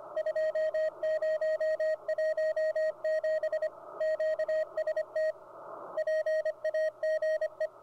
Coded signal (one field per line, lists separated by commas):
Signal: Morse code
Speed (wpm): 26 wpm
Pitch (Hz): 630 Hz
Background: radio noise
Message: 2017 QST PAGE